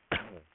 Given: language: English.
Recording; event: throat vibration sensor signal played as sound; cough